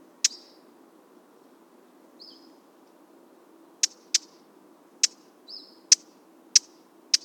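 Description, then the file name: Eurasian blackcap calling with sharp tack notes, one early click then a long pause before a loose run of six more, plus a couple of faint thin notes. "Sylvia atricapilla"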